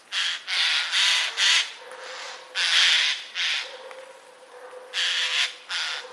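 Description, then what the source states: Eurasian jay: rough, scratchy screeches in clustered runs, first four, then after pauses two and two more. Recorded 24 October 2021.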